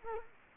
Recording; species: mosquito wingbeat signal from an infrared sensor; Culex quinquefasciatus